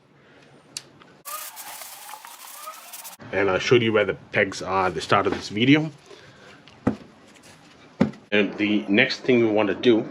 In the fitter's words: or 7 foot-pounds until I hear an audible click.